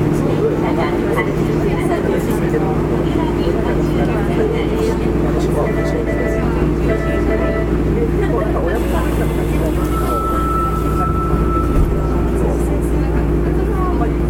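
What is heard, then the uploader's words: A subway train runs with a steady, dense low rumble and a constant motor hum throughout. Around six to eight seconds, short repeated beeping tones sound, and near ten seconds a thin steady whine appears as the hiss of the wheels grows brighter. 福岡市営地下鉄 3000系 七隈線 橋本から天神南まで. 福岡市交通局 3000系電車の走行音です。 七隈線で収録しました。 区間は、橋本から天神南までです。 Running sound of Fukuoka city subway 3000 series train.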